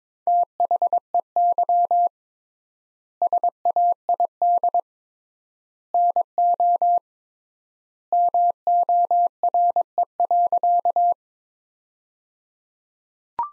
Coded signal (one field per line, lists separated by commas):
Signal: Morse code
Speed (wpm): 22 wpm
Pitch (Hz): 700 Hz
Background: none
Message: THEY SAID NO MORE.